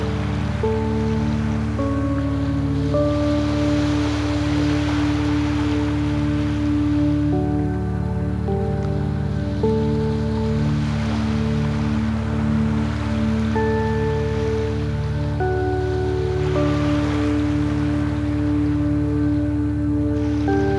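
Soft chimes ring out in slow, overlapping tones above a steady wash of waves that swells gently around 2, 10 and 17 seconds. A low, constant hum sits underneath, and the sustained notes shift every few seconds without any sharp attacks.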